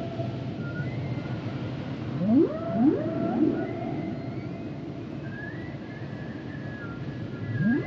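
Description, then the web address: Whale song with a few rising upsweeps, long level whistles, and high tones later, set against a steady low rumble. "Natures Songs Whale Songs Whales and Dolphins - whale nature sounds songs"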